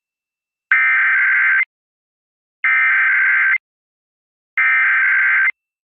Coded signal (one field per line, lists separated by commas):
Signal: Emergency Alert System (SAME) tones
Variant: header bursts